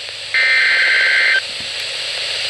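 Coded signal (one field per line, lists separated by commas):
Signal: Emergency Alert System (SAME) tones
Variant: header bursts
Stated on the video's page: NOAA Weather Radio Severe Thunderstorm Warning from the Madison, Wisconsin transmitter.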